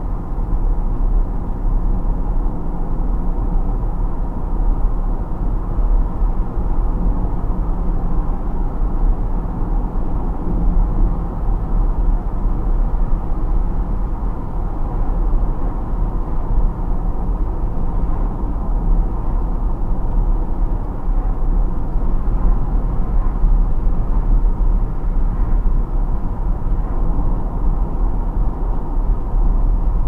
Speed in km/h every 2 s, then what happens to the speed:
70, 70, 70, 70, 70, 70, 70, 70, 70, 70, 70, 70, 70, 70, 70.
0-30 steady at about 70.